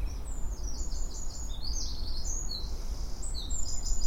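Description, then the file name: Eurasian wren song: a rapid run of high, thin, sharp notes, faint beneath a heavy low rumble of background noise. "Troglodytes troglodytes"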